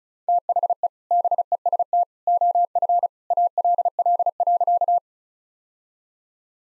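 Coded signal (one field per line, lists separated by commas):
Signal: Morse code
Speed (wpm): 34 wpm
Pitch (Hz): 700 Hz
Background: none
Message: THE BEST OF ALL.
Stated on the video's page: Morse practice drill at 35 wpm, sentences of common two-word phrases, each sent twice.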